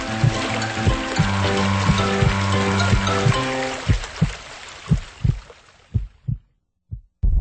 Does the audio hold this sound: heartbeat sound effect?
yes